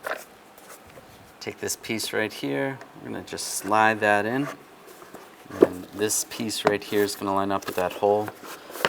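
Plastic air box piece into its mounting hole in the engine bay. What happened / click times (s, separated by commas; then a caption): The plastic piece is handled and lined up but not yet seated / none. Someone talks while a plastic engine air box piece for a 2011-2025 Dodge Durango is slid in and lined up with its mounting hole in the engine bay, with a few brief handling taps. Nothing has seated or clicked yet; the piece is not yet home.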